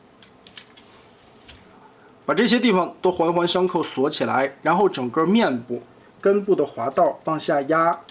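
The plastic back piece of a Transformers MS mushroom-head Optimus Prime toy robot's head is lined up on its clip tabs and pressed until it fastens. Faint plastic ticks at 0.2 s and 0.5 s lead to a sharp snap at 0.6 s as it clicks into place. After a quiet pause, someone talks from about 2.3 s to the end.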